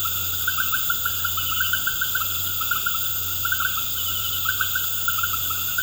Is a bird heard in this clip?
no